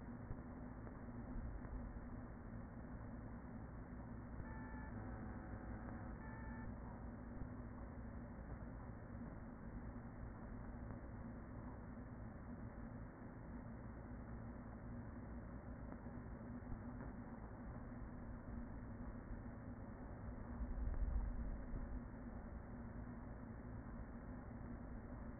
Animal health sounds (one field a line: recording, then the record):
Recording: honeybee colony, microphone inside the hive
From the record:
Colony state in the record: queen present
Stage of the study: after two queens were removed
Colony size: about 40,000 bees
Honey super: no